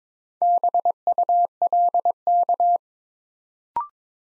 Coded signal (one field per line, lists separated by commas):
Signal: Morse code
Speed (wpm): 22 wpm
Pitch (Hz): 700 Hz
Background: none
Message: BULK